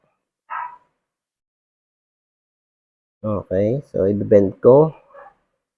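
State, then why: Not seated. A missing link on a bicycle chain is being handled, with its pins set into the lock plate before being pressed to lock. A brief sound comes at about 0.5 s, followed by silence, and then someone talks from about 3.3 s to the end. Nothing has seated or clicked yet.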